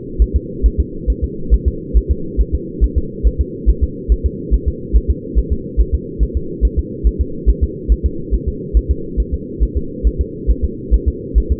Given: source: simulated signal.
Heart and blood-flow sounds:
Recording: fetal heart sounds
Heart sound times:
0.22 s: S1
0.36 s: S2
0.66 s: S1
0.80 s: S2
1.10 s: S1
1.24 s: S2
1.54 s: S1
1.68 s: S2
1.97 s: S1
2.11 s: S2
2.41 s: S1
2.55 s: S2
2.84 s: S1
2.98 s: S2
3.27 s: S1
3.41 s: S2
3.69 s: S1
3.83 s: S2
4.12 s: S1
4.26 s: S2
4.54 s: S1
4.68 s: S2
4.96 s: S1
5.10 s: S2
5.38 s: S1
5.52 s: S2
5.80 s: S1
5.95 s: S2
6.23 s: S1
6.37 s: S2
6.65 s: S1
6.79 s: S2
7.07 s: S1
7.21 s: S2
7.49 s: S1
7.63 s: S2
7.92 s: S1
8.06 s: S2
8.34 s: S1
8.48 s: S2
8.77 s: S1
8.91 s: S2
9.20 s: S1
9.34 s: S2
9.63 s: S1
9.77 s: S2
10.07 s: S1
10.21 s: S2
10.50 s: S1
10.64 s: S2
10.94 s: S1
11.08 s: S2
11.38 s: S1
11.52 s: S2
From the record:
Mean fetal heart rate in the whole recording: 140 bpm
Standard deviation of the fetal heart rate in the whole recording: 2 bpm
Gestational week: 34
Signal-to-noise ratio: -4.3 dB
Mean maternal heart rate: 72 bpm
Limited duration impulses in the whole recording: absent

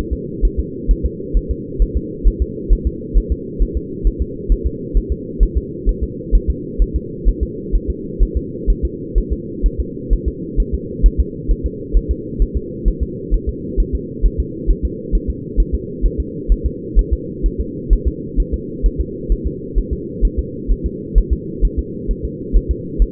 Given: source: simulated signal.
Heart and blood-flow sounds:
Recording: fetal heart sounds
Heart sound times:
0.13 s: S2
0.45 s: S1
0.59 s: S2
0.91 s: S1
1.06 s: S2
1.37 s: S1
1.51 s: S2
1.82 s: S1
1.97 s: S2
2.27 s: S1
2.42 s: S2
2.73 s: S1
2.87 s: S2
3.18 s: S1
3.32 s: S2
3.62 s: S1
3.77 s: S2
4.07 s: S1
4.22 s: S2
4.52 s: S1
4.67 s: S2
4.97 s: S1
5.12 s: S2
5.43 s: S1
5.57 s: S2
5.89 s: S1
6.03 s: S2
6.35 s: S1
6.50 s: S2
6.82 s: S1
6.96 s: S2
7.28 s: S1
7.43 s: S2
7.75 s: S1
7.90 s: S2
8.23 s: S1
8.37 s: S2
8.70 s: S1
8.85 s: S2
9.18 s: S1
9.33 s: S2
9.66 s: S1
9.80 s: S2
10.13 s: S1
10.28 s: S2
10.60 s: S1
10.74 s: S2
11.06 s: S1
11.20 s: S2
11.51 s: S1
11.66 s: S2
11.97 s: S1
12.11 s: S2
12.42 s: S1
12.57 s: S2
12.88 s: S1
13.03 s: S2
13.34 s: S1
13.49 s: S2
13.80 s: S1
13.95 s: S2
14.26 s: S1
14.40 s: S2
14.70 s: S1
14.85 s: S2
15.15 s: S1
15.30 s: S2
15.60 s: S1
15.75 s: S2
16.05 s: S1
16.20 s: S2
16.52 s: S1
16.66 s: S2
16.99 s: S1
17.13 s: S2
17.46 s: S1
17.60 s: S2
17.93 s: S1
18.08 s: S2
18.40 s: S1
18.54 s: S2
18.86 s: S1
19.01 s: S2
19.32 s: S1
19.47 s: S2
19.78 s: S1
19.93 s: S2
20.25 s: S1
20.39 s: S2
20.71 s: S1
20.86 s: S2
21.18 s: S1
21.33 s: S2
21.65 s: S1
21.79 s: S2
22.11 s: S1
22.25 s: S2
22.56 s: S1
22.71 s: S2
23.02 s: S1
From the record:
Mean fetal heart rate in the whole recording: 130 bpm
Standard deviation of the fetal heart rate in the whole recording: 2 bpm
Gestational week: 36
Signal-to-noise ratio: -4.1 dB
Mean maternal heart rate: no maternal heart sound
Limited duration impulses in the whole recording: absent

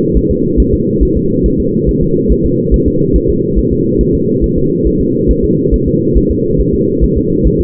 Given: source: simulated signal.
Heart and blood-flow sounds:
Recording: fetal heart sounds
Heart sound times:
0.17 s: S1
0.31 s: S2
0.60 s: S1
0.74 s: S2
1.03 s: S1
1.17 s: S2
1.46 s: S1
1.60 s: S2
1.89 s: S1
2.03 s: S2
2.32 s: S1
2.45 s: S2
2.74 s: S1
2.88 s: S2
3.16 s: S1
3.30 s: S2
3.59 s: S1
3.72 s: S2
4.01 s: S1
4.15 s: S2
4.44 s: S1
4.58 s: S2
4.87 s: S1
5.01 s: S2
5.31 s: S1
5.45 s: S2
5.74 s: S1
5.88 s: S2
6.17 s: S1
6.31 s: S2
6.61 s: S1
6.74 s: S2
7.04 s: S1
7.17 s: S2
7.47 s: S1
7.60 s: S2
From the record:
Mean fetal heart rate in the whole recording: 140 bpm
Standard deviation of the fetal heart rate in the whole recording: 2 bpm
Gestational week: 34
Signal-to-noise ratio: -11.2 dB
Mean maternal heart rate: 72 bpm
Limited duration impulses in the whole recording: present

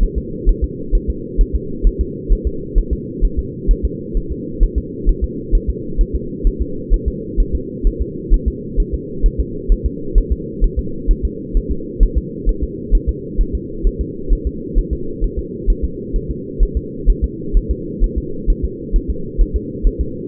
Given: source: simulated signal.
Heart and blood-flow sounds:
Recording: fetal heart sounds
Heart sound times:
0.03 s: S1
0.18 s: S2
0.49 s: S1
0.64 s: S2
0.95 s: S1
1.10 s: S2
1.41 s: S1
1.55 s: S2
1.87 s: S1
2.01 s: S2
2.32 s: S1
2.47 s: S2
2.78 s: S1
2.93 s: S2
3.25 s: S1
3.39 s: S2
3.71 s: S1
3.85 s: S2
4.17 s: S1
4.32 s: S2
4.63 s: S1
4.78 s: S2
5.09 s: S1
5.24 s: S2
5.55 s: S1
5.70 s: S2
6.01 s: S1
6.15 s: S2
6.47 s: S1
6.62 s: S2
6.93 s: S1
7.08 s: S2
7.40 s: S1
7.55 s: S2
7.87 s: S1
8.02 s: S2
8.34 s: S1
8.48 s: S2
8.80 s: S1
8.94 s: S2
9.26 s: S1
9.40 s: S2
9.72 s: S1
9.86 s: S2
10.18 s: S1
10.32 s: S2
10.64 s: S1
10.79 s: S2
11.11 s: S1
11.25 s: S2
11.57 s: S1
11.71 s: S2
12.03 s: S1
12.18 s: S2
12.49 s: S1
12.63 s: S2
12.95 s: S1
13.09 s: S2
13.41 s: S1
13.55 s: S2
13.87 s: S1
14.01 s: S2
14.33 s: S1
14.47 s: S2
14.79 s: S1
14.93 s: S2
15.24 s: S1
15.39 s: S2
15.70 s: S1
15.85 s: S2
16.16 s: S1
16.30 s: S2
16.63 s: S1
16.77 s: S2
17.10 s: S1
17.24 s: S2
17.57 s: S1
17.71 s: S2
18.04 s: S1
18.18 s: S2
18.50 s: S1
18.65 s: S2
18.96 s: S1
19.10 s: S2
19.41 s: S1
19.56 s: S2
19.87 s: S1
20.01 s: S2
From the record:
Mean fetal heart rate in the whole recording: 130 bpm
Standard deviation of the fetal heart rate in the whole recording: 2 bpm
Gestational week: 38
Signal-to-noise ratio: -4.3 dB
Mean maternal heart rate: 72 bpm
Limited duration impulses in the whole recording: absent

